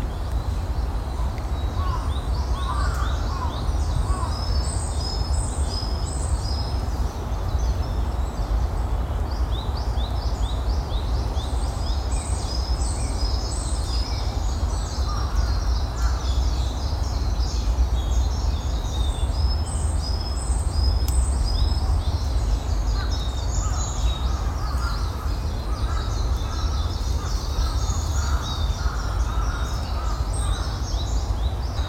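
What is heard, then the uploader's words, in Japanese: A stream and waterfall rush steadily and densely throughout a morning park, the water even in level. Small birds chirp in quick, bright bursts every few seconds, with softer calls lower down, especially in the second half. 公園の朝散歩より692鳥の声。公園の朝散歩で聴こえてくる自然音。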